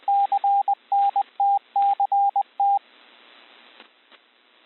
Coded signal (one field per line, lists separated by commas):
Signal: Morse code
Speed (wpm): 20 wpm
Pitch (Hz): 800 Hz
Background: radio noise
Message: CNTCT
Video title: Practice Morse code CW recognition